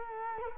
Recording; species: mosquito wingbeat signal from an infrared sensor; Culex quinquefasciatus